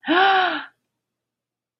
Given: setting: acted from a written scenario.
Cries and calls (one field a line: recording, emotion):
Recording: vocal sound without words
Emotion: positive surprise